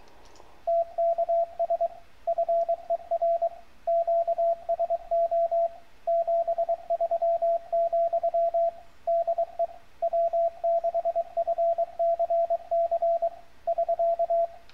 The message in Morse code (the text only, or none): TKS FER QSO 73, DE W6FCC <SK>